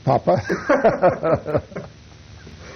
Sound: laughter